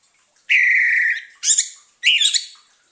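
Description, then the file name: Orange-headed thrush song: a long harsh buzzy note, then two short bursts of rich, rapidly modulated high notes with pauses between them. Indonesian lure sound (suara pancingan) of the orange-headed thrush, meant to keep the bird from being stressed. "suara pancingan burung anis merah agar tidak stress"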